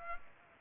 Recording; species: mosquito wingbeat signal from an infrared sensor; Culex pipiens